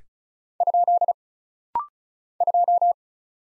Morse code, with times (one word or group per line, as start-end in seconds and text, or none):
0.6-1.1 ?
2.4-2.9 2